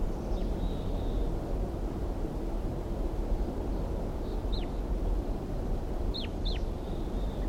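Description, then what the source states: Crossbill calls: a single falling chip followed by a quick pair in the second half, with faint level whistles, against steady low rumbling noise. Wild crossbills calling near a trap site, decoy birds also calling; three wild birds flying over the trap site.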